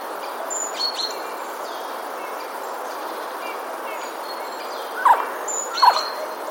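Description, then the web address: Eurasian jay calling twice near the end, two hoarse notes close together, after some faint high chirps earlier on. Recorded on 15 February 2022. "wroblowe ostrzegator sojka 15 02 2022"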